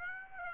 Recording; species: mosquito wingbeat signal from an infrared sensor; Aedes aegypti